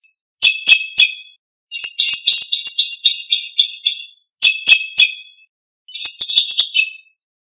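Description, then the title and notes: Bird song in four high-pitched chattering phrases, each a burst of quick sharp notes with rapid twittering, separated by short silences. Indonesia. "Kumpulan Kicau Burung Indonesia"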